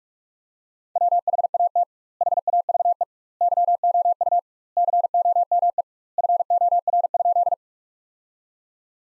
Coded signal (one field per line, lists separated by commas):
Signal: Morse code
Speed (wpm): 46 wpm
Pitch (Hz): 700 Hz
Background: none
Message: WHAT HAVE YOU COME FOR?